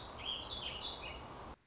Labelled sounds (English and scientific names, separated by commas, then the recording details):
Warbling Vireo (Vireo gilvus)
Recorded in Sonoma County, California